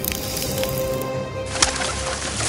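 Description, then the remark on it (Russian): A dense chorus of birds in a palace, dead birds coming back to life, chirps and coos together, a busy, continuous layer of calls at steady loudness with one sharp bright accent partway through and no talking. “«Пусть этот дворец загорится, и пусть все мертвые птицы во дворце оживут».”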